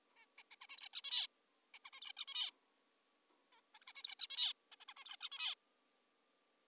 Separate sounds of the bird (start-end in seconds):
0.17-0.26, 0.38-0.43, 0.51-0.56, 0.62-0.66, 0.70-0.77, 0.78-0.89, 0.93-1.01, 1.04-1.27, 1.74-1.79, 1.86-1.90, 1.94-2.00, 2.02-2.12, 2.17-2.25, 2.28-2.50, 3.52-3.61, 3.75-3.78, 3.82-3.85, 3.88-3.93, 3.96-4.03, 4.04-4.15, 4.19-4.27, 4.30-4.53, 4.72-4.76, 4.81-4.85, 4.89-4.94, 4.97-5.04, 5.05-5.16, 5.21-5.29, 5.32-5.55